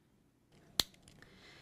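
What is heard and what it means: The gray start button on a single-dose prefilled autoinjector pen is pressed while the pen is held against the skin, giving one sharp, loud click at 0.8 s. A few faint ticks follow after it. The button clicks and the pen activates.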